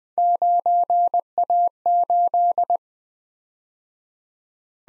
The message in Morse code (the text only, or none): 9A8